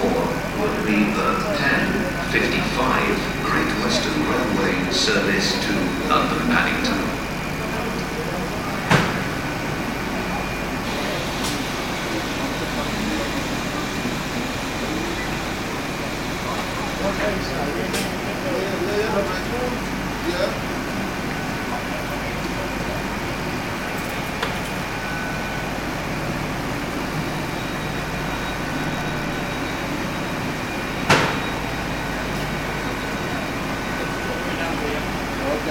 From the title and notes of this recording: Exeter St David's Railway Station. Passengers arriving and departing on their railway journeys in the west country.